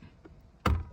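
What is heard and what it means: A size 4 Allen key is pushed through the hole in the back of a Crown Victoria (Panther platform) steering wheel onto the metal spring clip that holds the airbag module. After a faint tap at 0.3 s, a sharp, loud click at 0.7 s marks the top airbag clip releasing.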